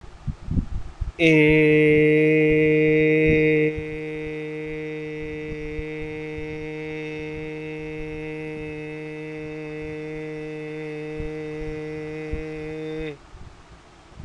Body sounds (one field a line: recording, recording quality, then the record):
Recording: sustained vowel as in made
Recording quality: excellent, no background noise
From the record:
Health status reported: healthy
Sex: male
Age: 31 years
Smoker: yes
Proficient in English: yes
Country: India